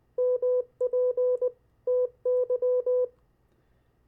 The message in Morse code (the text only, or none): MPTY